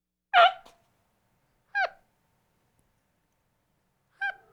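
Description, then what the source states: Capuchin monkey giving three short, chirping calls with a quick downward bend, spaced over roughly four seconds with silence between. Capuchin monkey sounding curious.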